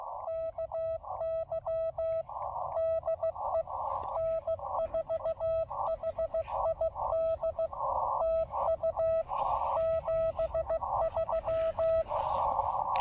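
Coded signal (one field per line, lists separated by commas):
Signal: Morse code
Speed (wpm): 15 wpm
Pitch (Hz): 650 Hz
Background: none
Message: KY DE N4HID TU 73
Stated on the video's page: Morse from a Parks On The Air activation on the Blue Ridge Parkway using a Xiegu X5105 with an MFJ-1984LP EFHW antenna.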